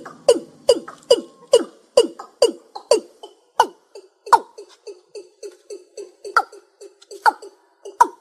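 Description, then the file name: Rail calls: a fast series of short, hard, downslurred notes about two or three per second, some sharper and higher, with faint softer notes between. "Tieng ga nuoc keu"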